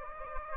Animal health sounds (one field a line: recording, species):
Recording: mosquito wingbeat signal from an infrared sensor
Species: Anopheles gambiae